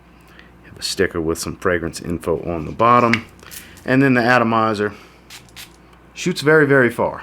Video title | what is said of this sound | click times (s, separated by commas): Halloween Man Hero FRAGRANCE REVIEW - Best Cheap Fragrances | halloween man going around the collar cap does click into place | 0.4 s